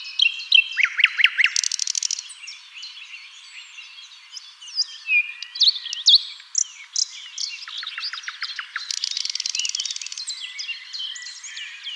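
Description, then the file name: Common nightingale song: a fast series of repeated notes and a harsh buzz, then varied whistles and chirps, and another rapid run of repeated notes and a buzz late. "Luscinia megarhynchos"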